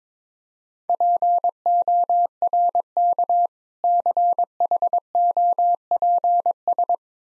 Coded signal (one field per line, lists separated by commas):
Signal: Morse code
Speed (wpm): 22 wpm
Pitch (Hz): 700 Hz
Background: none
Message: PORK CHOPS